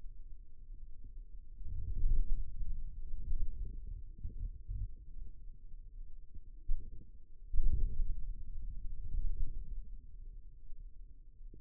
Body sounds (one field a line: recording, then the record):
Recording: forearm muscle sounds (acoustic myography)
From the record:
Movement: inward rotation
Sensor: system 2, bracelet of six BSWA MPA416 microphones around the upper forearm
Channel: 4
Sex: male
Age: 22 years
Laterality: right